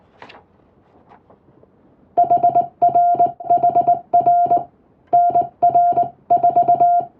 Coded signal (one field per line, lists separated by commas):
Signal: Morse code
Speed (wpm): 21 wpm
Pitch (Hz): 700 Hz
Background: music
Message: HRHR NR4